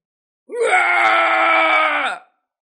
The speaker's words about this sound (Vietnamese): Lão không nhịn được mà hét to, cánh sau lưng tan vỡ, lông vũ đầy máu bay khắp bầu trời.